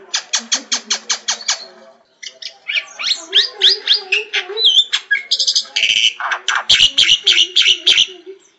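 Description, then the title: Bird song: a fast series of rapid downward sweeps, then varied whistles and chattering phrases, ending in quick repeated high notes. Training audio for birds. "Masteran Burung"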